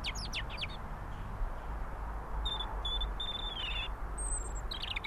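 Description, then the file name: European robin with quick falling notes, then thin sustained whistles, one sliding downward, above a constant low rumble. "Erithacus rubecula"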